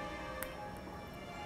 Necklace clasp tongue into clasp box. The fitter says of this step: is to hear it click.